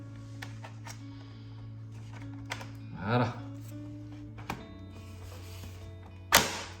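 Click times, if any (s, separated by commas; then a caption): 6.3 s. A wing locking latch at the wing joint of a Flightline B-25J Mitchell RC model plane's fuselage is pushed home and gives a sharp snap at 6.4 s. Someone talks, and there are a few quieter taps and knocks earlier over a steady low hum. The wing lock is confirmed properly latched and locked.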